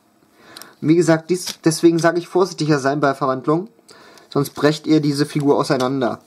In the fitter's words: Dadurch drückt ihr quasi einmal diesen Pin runter, bis er einrastet.